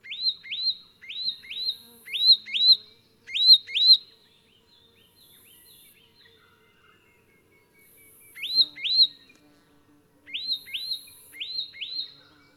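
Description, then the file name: Leaden flycatcher repeating short groups of two or three rising, whistled upslurs, with pauses between groups and a faint high hiss at times. "Myiagra Rubecula"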